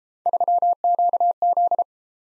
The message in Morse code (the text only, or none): 3QZ